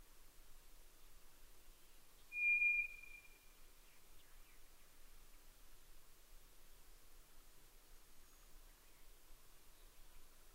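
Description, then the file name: White's thrush song: a lone, high, level whistle of under a second, then quiet hiss for the rest. Sung at night, 22:35, on 11 June 2011. "toratugumi-20110611-2235"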